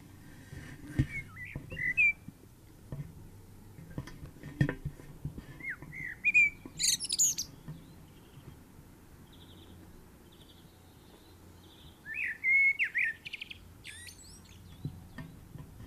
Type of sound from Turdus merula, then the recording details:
song. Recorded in the wild. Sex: male. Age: adult. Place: DE. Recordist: Tretzel, Erwin